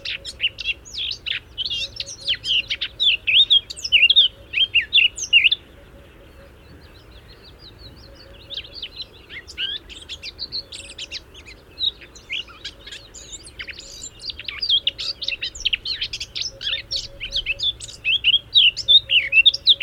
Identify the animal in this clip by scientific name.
Sylvia atricapilla